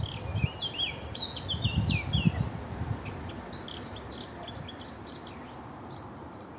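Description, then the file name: Eurasian blackcap song: a rapid run of warbled, swooping notes in the first half, then fainter high chirps over low rumbling noise. "Sylvia atricapilla"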